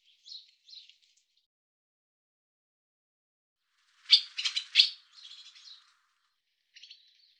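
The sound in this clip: Barn swallow calls: a few faint chirps, a long pause, then a loud burst of rapid harsh twittering and a last short twitter.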